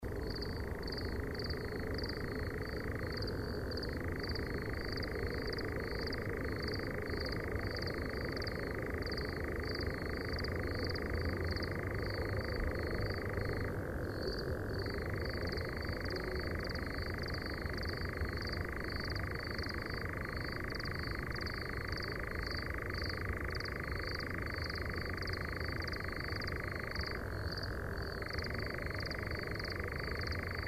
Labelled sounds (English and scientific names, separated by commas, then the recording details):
Eurasian Nightjar (Caprimulgus europaeus) song
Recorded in the wild
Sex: male
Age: adult
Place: Schönow, Naturpark Barnim, Brandenburg, DE
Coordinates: 52.6839, 13.5014
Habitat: heather
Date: 2013-06-08 23:35
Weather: clear, windless, 20°C
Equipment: Sound Devices 702, Sennheiser MKH 70, Rycote Windschutz
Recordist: Frommolt, Karl-Heinz
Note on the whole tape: Nordteil des Naturschutzgebietes Schönower Heide: Gesang eines Ziegenmelkers. Singt außerhalb des eingezäunten Gebietes. Tier sang in einer Kiefer. Entfernung ca